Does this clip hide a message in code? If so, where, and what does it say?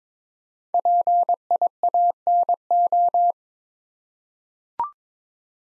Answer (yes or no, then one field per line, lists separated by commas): yes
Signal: Morse code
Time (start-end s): 0.7-3.3 s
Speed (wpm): 22 wpm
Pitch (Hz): 700 Hz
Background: none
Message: PIANO